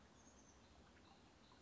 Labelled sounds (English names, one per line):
Oak Titmouse